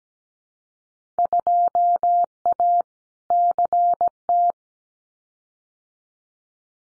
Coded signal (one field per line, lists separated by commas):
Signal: Morse code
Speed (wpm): 17 wpm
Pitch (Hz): 700 Hz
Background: none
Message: 2A CT